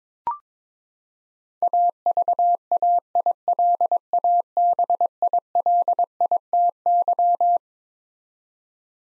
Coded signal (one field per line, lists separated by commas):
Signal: Morse code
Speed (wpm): 22 wpm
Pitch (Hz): 700 Hz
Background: none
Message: AVAILABILITY